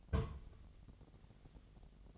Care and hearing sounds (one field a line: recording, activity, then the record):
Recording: daily activity, microphone in the room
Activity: place on stove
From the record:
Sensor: 4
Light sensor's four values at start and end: 9/20/8/8 and 9/20/8/8